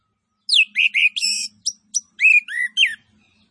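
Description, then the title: Orange-headed thrush song: a quick run of loud whistled, slurred and buzzy phrases, some rising and some falling, packed into about two and a half seconds. Master (masteran) audio of an actively singing (gacor) bird, with full fill-in phrases that include cililin-style bursts. "Anis Kembang Gacor 15. MASTERAN ANIS KEMBANG ISIAN FULL DENGAN TEMBAKAN CILILIN"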